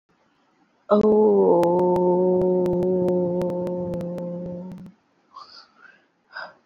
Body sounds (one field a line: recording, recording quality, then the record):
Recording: sustained vowel as in boot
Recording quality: excellent, no background noise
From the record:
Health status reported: COVID-19 positive, mild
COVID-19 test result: positive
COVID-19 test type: RT-PCR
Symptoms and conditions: cough, cold, breathing difficulty, sore throat, fever, fatigue, muscle pain, loss of smell and taste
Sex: female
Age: 20 years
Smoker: no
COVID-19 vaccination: both doses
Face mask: not worn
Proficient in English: yes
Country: India